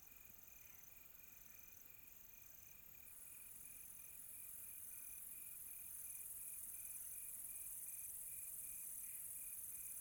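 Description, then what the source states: Cricket chirps: short high pulses repeating roughly once a second, paired with fainter lower chirps, over a continuous shrill insect hiss on a quiet night. Quiet tropical night.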